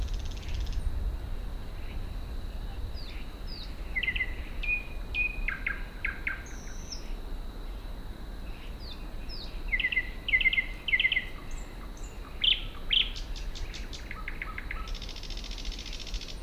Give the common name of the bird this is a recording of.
Thrush Nightingale